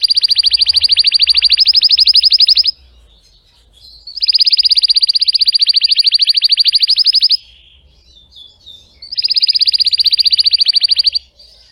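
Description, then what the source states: Canary delivering three long, rapid, even trills of two to three seconds each, separated by short pauses. Singing Belgian canary, red frosted colour variety.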